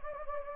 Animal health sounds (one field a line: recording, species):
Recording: mosquito wingbeat signal from an infrared sensor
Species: Anopheles gambiae